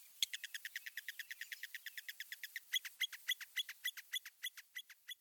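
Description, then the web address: Northern mockingbird giving a long, rapid series of short chipping notes, slowing and growing louder halfway. Northern mockingbird song featuring mimicry of other species. "Birding by Ear, Eastern and Central North America - Peterson Guides. Northern Mockingbird"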